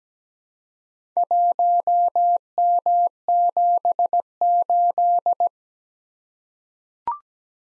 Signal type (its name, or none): Morse code